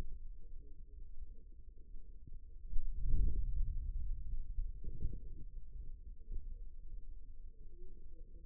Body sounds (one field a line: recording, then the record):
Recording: forearm muscle sounds (acoustic myography)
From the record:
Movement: hand closing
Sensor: system 2, bracelet of six BSWA MPA416 microphones around the upper forearm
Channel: 4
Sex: female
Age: 25 years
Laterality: right